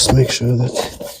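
A plastic dash trim piece is handled near the center console clips of a Kia Sorento during final reassembly after replacing a radio that was stuck on the backup camera and not working. Someone talks throughout, and nothing has seated or clicked yet by the end of the clip.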